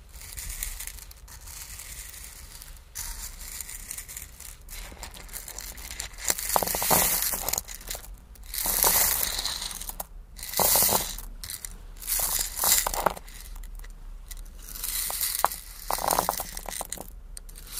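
Crystals, beads and ice are handled with small tapping and scratching sounds, a steady crinkly rustle broken by brighter, denser bursts. Louder clusters come around 6–9 seconds, again near 11 and 13, and briefly near 16, with short clicks and quiet gaps between them.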